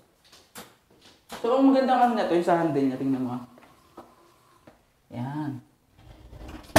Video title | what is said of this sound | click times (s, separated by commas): BISITAHIN NATIN ANG BAHAY NI NINONG (PREMIUM ALUMINUM WINDOWS & DOORS) #onesky | oh 'di ba narinig mo? Ibig sabihin non nag-lock na. Nag-lock na. | 6.8 s